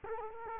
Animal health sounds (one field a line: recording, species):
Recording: mosquito wingbeat signal from an infrared sensor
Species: Culex quinquefasciatus